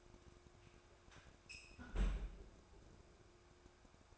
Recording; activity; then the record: daily activity, microphone in the room; close fridge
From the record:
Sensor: 2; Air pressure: 1004.5 hPa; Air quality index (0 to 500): 185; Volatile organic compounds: 10 ppm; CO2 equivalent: 2219 ppm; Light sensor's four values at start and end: 4/11/4/4 and 4/11/4/4